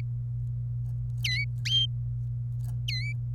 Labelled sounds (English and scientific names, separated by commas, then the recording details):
Domestic Canary (Serinus canaria) song
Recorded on 26 April 2018 at 17:49
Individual llb3